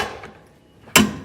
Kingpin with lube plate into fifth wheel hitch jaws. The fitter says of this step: now that's locked into place and there's no grease mess on here.